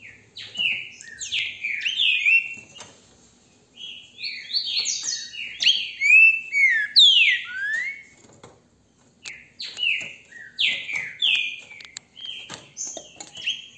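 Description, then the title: Green-winged saltator song of fast slurred whistled notes in phrases, two brief quiet gaps, then more rapid sweeping notes. Recorded with a mobile phone held in the hand; song described as beautiful. "GRAVEI COM CELULAR NA MÃO, trinca ferro canto lindo"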